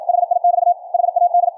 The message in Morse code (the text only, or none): HI <BT> HAD